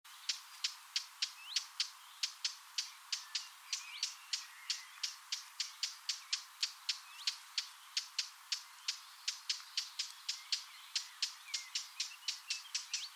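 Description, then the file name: Eurasian blackcap uttering dry, hard tac notes repeated rapidly and steadily throughout, with soft faint chirps from other birds in the background. "Sylvia atricapilla"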